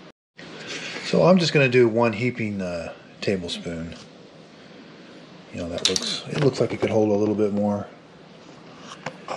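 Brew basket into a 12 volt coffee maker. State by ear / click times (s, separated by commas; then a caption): seated / 9.1 s. A coffee-filled brew basket is slid into the plastic body of a 12 volt Road Pro coffee maker while someone talks. It snaps into place with a sharp click at 9.1 s.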